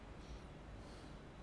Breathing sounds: one breath in and out by a microphone near the nose and mouth; normal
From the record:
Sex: male

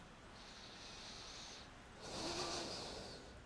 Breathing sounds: one breath in and out by a microphone near the nose and mouth; deep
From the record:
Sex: male

